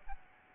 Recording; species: mosquito wingbeat signal from an infrared sensor; Aedes albopictus